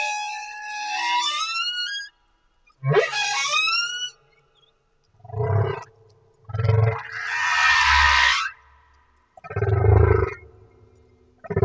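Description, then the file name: Humpback whale song: falling harmonic whistles and a swooping upsweep, then a series of short low grunts and a harsh, noisy roar. Humpback whale off Madagascar. "Humpback Whale - Madagascar Whale One"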